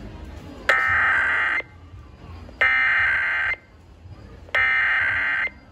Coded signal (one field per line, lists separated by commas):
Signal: Emergency Alert System (SAME) tones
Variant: header bursts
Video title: EAS 2080-2086: Weeklies & Monthlies from 7/13/21-7/14/21